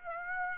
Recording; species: mosquito wingbeat signal from an infrared sensor; Aedes aegypti